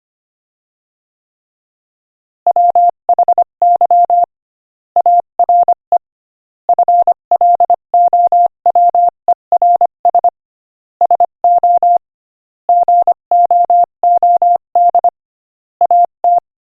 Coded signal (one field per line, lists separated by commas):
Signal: Morse code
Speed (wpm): 24 wpm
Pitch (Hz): 700 Hz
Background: none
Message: WHY ARE FLOWERS SO GOOD AT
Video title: Morse Code Practice: 25 wpm Joke #16